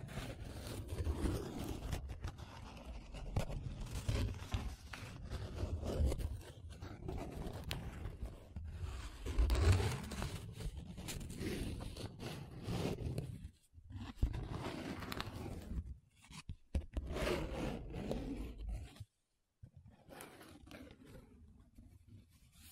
Paper Sounds Tracing, Scratching, Rubbing